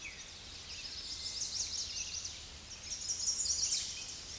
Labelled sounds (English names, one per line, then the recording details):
Chestnut-sided Warbler song
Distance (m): 25 m
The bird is about 5 m below the microphone
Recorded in a Pennsylvania forest on 16 May 2024 at 07:32
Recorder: AudioMoth, point MSD-1405
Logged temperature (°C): 15.6 °C
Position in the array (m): 163 m, 215 m